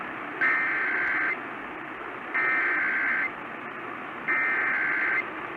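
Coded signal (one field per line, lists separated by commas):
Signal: Emergency Alert System (SAME) tones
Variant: header bursts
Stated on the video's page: Real EAS alerts including test alerts.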